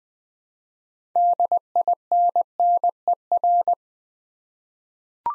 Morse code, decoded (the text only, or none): DINNER